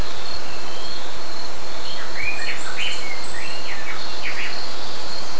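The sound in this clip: Bird calls in a short series of bright chirps midway through, with steady hiss and a thin continuous high drone behind.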